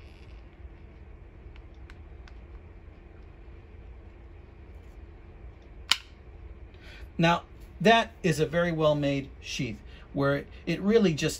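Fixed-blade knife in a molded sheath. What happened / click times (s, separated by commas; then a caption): The knife snapped free of its sheath / 5.9 s. A fixed-blade ESEE Izula knife is drawn again from its custom molded sheath, and after a few faint ticks a loud, sharp snap rings out at 5.9 s as the retention lets go and the knife is released. Someone then talks, describing the snap as showing that the sheath grips the knife well.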